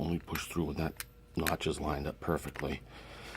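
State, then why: Not seated. While reassembling a BodyGuard 380 pistol, the metal takedown lever is pushed through the frame and rolled up as the slide is released, where it will only pass once it lines up with the slide notch. Someone talks throughout. Nothing has seated or clicked yet.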